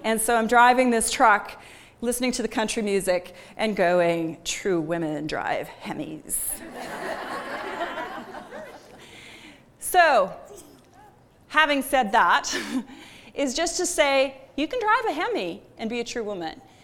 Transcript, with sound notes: And so, I'm driving this truck, listening to the country music, and going, "True women drive hemis!" [laughter] So having said that, is just to say you can drive a hemi and be a true woman.